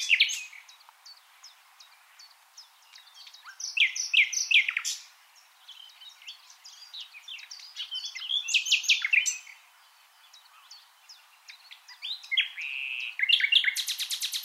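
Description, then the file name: Common nightingale delivering several varied phrases of sharp notes, slurs and a rapid closing trill, with quieter chirps between them. "Luscinia megarhynchos"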